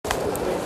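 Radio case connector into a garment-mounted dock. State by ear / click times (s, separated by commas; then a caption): seated / 0.1 s. A radio in a case with a slim connector is slid into a carrying dock mounted on an officer's garment. A sharp click at 0.1 s marks it locking into place, followed by a second, fainter high tick near 0.4 s over a steady background hum. The connector is seated and locked in the dock.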